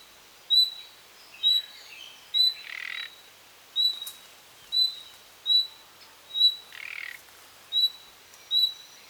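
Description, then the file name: Common nightingale calls: a clear, even whistle repeated roughly once a second, with two short, rasping, buzzy notes mixed in between the whistles. "Luscinia megarhynchos"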